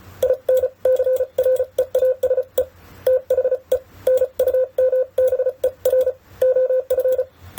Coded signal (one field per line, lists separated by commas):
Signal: Morse code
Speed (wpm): 34 wpm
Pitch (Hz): 510 Hz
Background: none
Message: INCREASE THE NUMBER OF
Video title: CW Speed vs Accuracy (sending) 30-55wpm #morsecodepractice #morsecode #morse